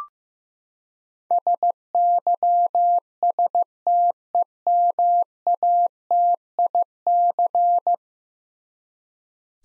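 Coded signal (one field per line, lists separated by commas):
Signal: Morse code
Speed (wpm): 16 wpm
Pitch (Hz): 700 Hz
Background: none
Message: SYSTEMATIC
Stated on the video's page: Head-copy drill of ten-letter words sent at 15 wpm, each word sent, then spoken, then sent again.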